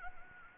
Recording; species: mosquito wingbeat signal from an infrared sensor; Anopheles gambiae